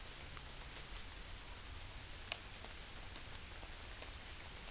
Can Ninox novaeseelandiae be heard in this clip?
no